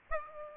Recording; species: mosquito wingbeat signal from an infrared sensor; Aedes aegypti